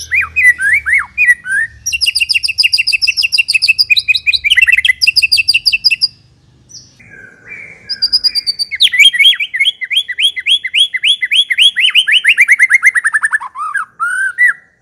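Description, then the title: White-rumped shama song: long rapid trills of high repeated notes, a brief quieter gap, then a fast run of descending slurred notes continuing nearly to the end. Lure recording of an aggressive bird. "Pancingan Murai Batu Galak"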